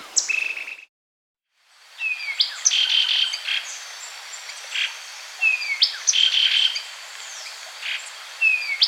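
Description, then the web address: Bronze-green Euphonia calls: short buzzy high notes and thin downslurred whistles, repeated irregularly, with a brief silent break near the start. Andean bird of South America. "Natures Songs S America Andean Birds. Bronze-Green Euphonia (Euphonia Mesochrysa)"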